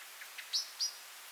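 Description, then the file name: Common blackbird calls: a few soft ticks lead into two thin, high, slightly rising notes about a quarter second apart, with a faint hiss behind. "Turdus merula"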